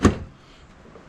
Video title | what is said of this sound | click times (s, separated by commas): Auto-Trail Tracker RS Handover video - HCV2242 | and then the toilet goes in wheels first. and you push it back until it clicks. | 0.1 s